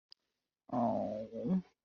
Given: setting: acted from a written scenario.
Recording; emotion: vocal sound without words; sympathy